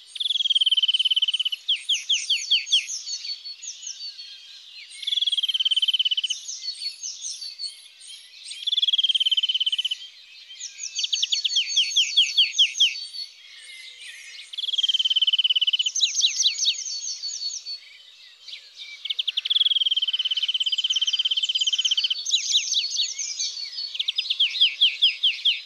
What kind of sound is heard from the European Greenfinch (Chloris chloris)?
song